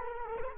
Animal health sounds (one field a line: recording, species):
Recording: mosquito wingbeat signal from an infrared sensor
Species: Culex quinquefasciatus